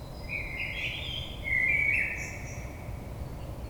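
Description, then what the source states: Common blackbird with a soft, fluty warbled phrase and a faint high squeak at the end, set against fairly loud steady background hiss. Recorded on 22 May 2022.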